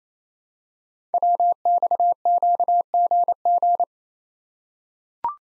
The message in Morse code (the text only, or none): WXQGG